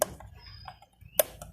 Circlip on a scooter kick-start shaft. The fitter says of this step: นะฮเสียงนางคลิปคือล็อคเรียบร้อยแล้วนะครับกิบ